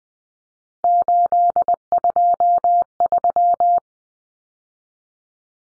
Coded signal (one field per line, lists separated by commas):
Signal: Morse code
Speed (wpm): 20 wpm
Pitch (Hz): 700 Hz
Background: none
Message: 823